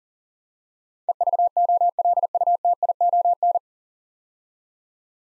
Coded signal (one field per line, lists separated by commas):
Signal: Morse code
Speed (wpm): 41 wpm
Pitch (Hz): 700 Hz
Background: none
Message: EVOLUTION